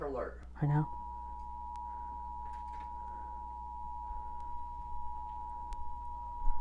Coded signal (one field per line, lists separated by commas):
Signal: Emergency Alert System (SAME) tones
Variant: 853 and 960 Hz attention tone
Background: speech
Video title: EAS 1: AMBER Alert (Pennsylvania)